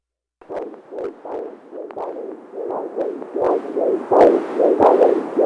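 Rhythmic, soft whooshing pulses repeat and grow louder over a few seconds, with faster and slower beats overlapping. These are a mother's heartbeat and her unborn baby's heartbeat heard together through the abdomen.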